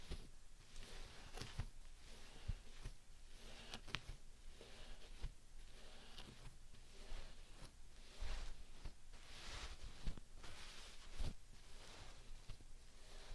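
Soft slime and sand ASMR triggers: quiet squishing, crunching and sifting textures that swell and fade in irregular waves. Sharp little clicks and pops break through now and then, near the 1.5, 4, 8 and 11 second marks, over a low steady rumble.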